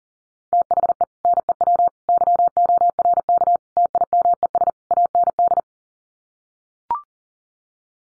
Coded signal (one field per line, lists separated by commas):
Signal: Morse code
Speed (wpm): 40 wpm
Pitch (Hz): 700 Hz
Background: none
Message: THE NEW YORK TIMES AND